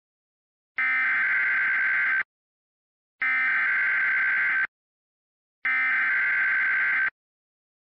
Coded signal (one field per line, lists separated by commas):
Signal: Emergency Alert System (SAME) tones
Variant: header bursts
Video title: EAS - Vermont Severe Thunderstorm Warning (6/11/15)